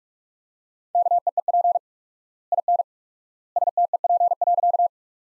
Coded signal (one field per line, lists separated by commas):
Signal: Morse code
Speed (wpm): 47 wpm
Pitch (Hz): 700 Hz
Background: none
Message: KEEP IN STEP.